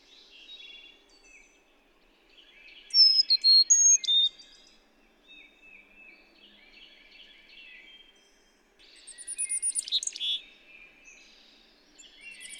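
Bird song with quiet twittering, a clear phrase of high whistles around three seconds, then a rapid, buzzy burst of notes near ten seconds.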